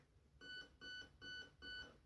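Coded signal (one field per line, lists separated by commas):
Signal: beep code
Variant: Specna Arms HAL ETU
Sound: four short, evenly spaced electronic beeps at one steady pitch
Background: room noise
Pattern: 4 short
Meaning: Auto mode is set to a five-round burst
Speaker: Four beeps means five round burst.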